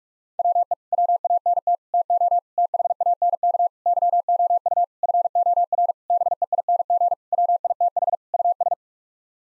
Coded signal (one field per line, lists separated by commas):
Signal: Morse code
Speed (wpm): 46 wpm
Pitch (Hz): 700 Hz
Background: none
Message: WE WANT TO THANK YOU FOR BEING WITH US